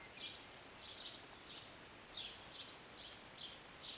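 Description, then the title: Bird chirps, short sharp notes about twice each second, over a soft continuous hiss. Birds singing and chirping in short morning rain, recorded on a city balcony on a Sunday morning. "Rainy Morning with Birds Chirping"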